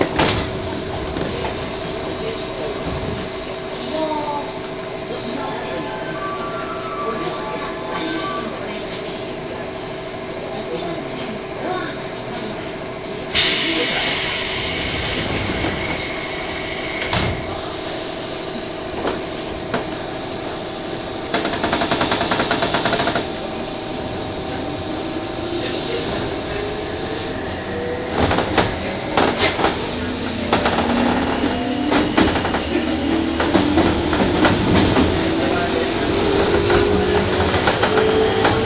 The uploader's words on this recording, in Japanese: 一昔前まで中央線東京口の主役だった201系、優等運用となる中央特快を収録したものです。201系 中央特快 01/01: 東京～高尾。